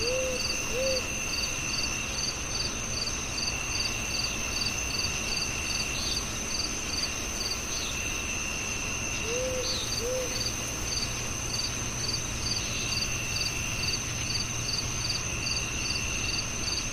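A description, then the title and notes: Crickets chirp steadily through the whole stretch, a fast, regular high pulsing over a constant thin insect whine. Low, soft owl-like hoots come in pairs near the start and again around ten seconds, over a faint, even rumble of the night. Soothing Crickets, Owls & Relaxing Night Sounds. The gentle chirping of crickets fills the air. Chirping crickets.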